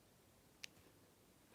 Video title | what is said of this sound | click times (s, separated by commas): San Martin retro Water Ghost diver 6200 - SN004-G | put together really well snaps into place it's all milled out | 0.6 s